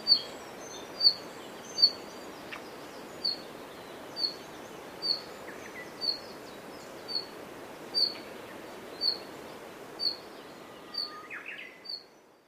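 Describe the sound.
Red-flanked bluetail uttering high, short notes roughly once a second, with a few fainter chirps and background hiss.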